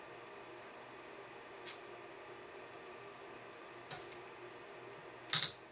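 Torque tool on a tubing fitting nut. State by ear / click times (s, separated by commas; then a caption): torque reached / 5.3 s. A small torque tool is slid over the tubing onto a fitting nut and twisted against a quiet background, with a softer tick at 3.9 s. A sharp, loud click comes at 5.3 s as the tool reaches its setting, leaving the tubing nut tight.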